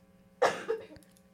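One short, harsh adult cough in a quiet small room, fading quickly, from someone who has been sick.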